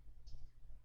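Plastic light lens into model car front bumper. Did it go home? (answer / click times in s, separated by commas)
no / none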